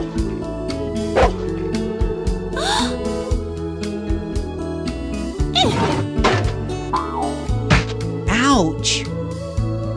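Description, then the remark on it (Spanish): A large female Newfoundland dog lets out a handful of loud, irregularly spaced barks over a continuous bed of music with sustained tones. “Esa niñera era una gran perra terranova llamada Nana.”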